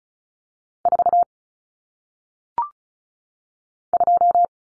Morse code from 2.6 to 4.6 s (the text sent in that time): 2